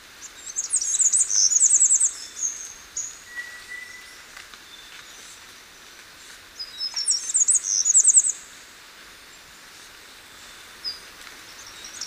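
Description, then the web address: Mountain wren song given twice, about six seconds apart: a very high, rapid trill of thin, tinkling notes, with a faint steady whistle between the phrases. Ecuador. "Natures Songs S America Birds of Ecuador Mountain Wren"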